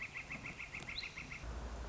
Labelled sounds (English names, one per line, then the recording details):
Northern Flicker
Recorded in Sonoma County, California